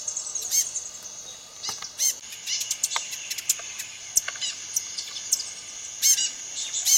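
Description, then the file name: Rufous-headed tanager song: a steady stream of very high, thin, tinkling notes and sharp chips throughout, with several loud accented bursts. "canto da saira ferrugem"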